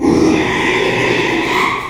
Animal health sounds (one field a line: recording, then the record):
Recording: squeal of a Yucatan mini pig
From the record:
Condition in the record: after surgery on the right vocal fold (resection and tissue-engineered implant)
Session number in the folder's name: 1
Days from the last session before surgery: 6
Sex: male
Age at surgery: 12 weeks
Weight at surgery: 13 kg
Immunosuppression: cyclosporine, prednisolone